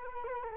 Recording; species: mosquito wingbeat signal from an infrared sensor; Culex quinquefasciatus